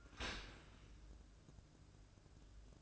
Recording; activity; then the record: daily activity, microphone in the room; open dishwasher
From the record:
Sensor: 2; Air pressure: 1012.1 hPa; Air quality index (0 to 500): 147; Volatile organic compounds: 2 ppm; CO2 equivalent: 1076 ppm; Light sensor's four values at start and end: 304/751/303/303 and 305/755/305/305